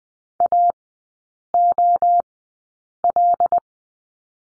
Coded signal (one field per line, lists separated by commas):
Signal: Morse code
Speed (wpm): 20 wpm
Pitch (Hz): 700 Hz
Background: none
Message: A O L